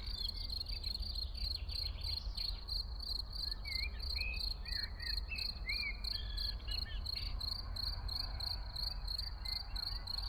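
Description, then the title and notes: Field cricket song: a continuous run of shrill, evenly spaced chirps throughout, with a few blackbird notes and a low background hum underneath. Early summer in the small village of Ettenkirch near Lake Constance, recorded over 14 years ago; blackbirds in background; recorded with Edirol R1 and OKM I. "Frühsommerszene in einem kleinen Dorf in der Nähe des Bodensees: Feldgrille, Amseln, Kirchenglocken, Stimmen und einige Autos im Hintergrund."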